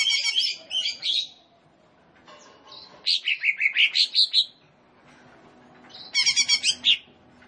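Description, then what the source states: Leafbird song: quick bursts of high buzzy, rattling notes and bright whistles, separated by quieter gaps. Singing vigorously and continuously (gacor).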